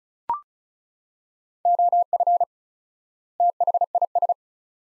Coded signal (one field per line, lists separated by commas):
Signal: Morse code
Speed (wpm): 36 wpm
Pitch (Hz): 700 Hz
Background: none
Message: OF THIS